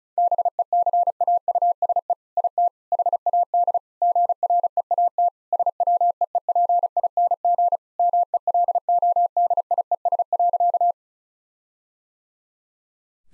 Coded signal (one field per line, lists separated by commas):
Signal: Morse code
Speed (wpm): 34 wpm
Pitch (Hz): 700 Hz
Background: none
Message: BECAUSE IT HAD GREAT SWEEPING MELODIES.